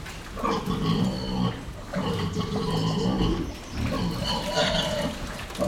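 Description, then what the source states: Pig grunting: loud, rough, low grunts in three long bouts separated by short pauses. Pig grunting and squealing inside a barn, in wet sloppy mud.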